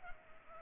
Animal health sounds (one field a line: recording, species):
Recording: mosquito wingbeat signal from an infrared sensor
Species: Culex pipiens